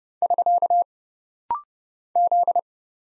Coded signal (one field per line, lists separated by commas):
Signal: Morse code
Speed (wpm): 30 wpm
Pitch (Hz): 700 Hz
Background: none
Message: <SK> Z